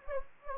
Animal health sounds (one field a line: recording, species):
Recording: mosquito wingbeat signal from an infrared sensor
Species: Anopheles gambiae